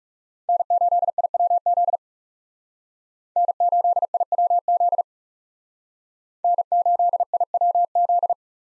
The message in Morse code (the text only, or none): N8IWZ N8IWZ N8IWZ